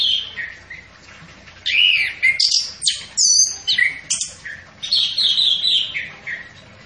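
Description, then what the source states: Orange-headed thrush song with quick, fluty and scratchy phrases, rising and falling notes tumbling together in a continuous varied stream. Bird singing actively and persistently, described as gacor.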